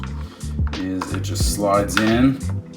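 A plastic button is slid into its holder on the receiver box of an XRT RC truck while someone talks. Only soft handling sounds are heard, and the clip ends before the button goes home, so nothing has seated or clicked yet.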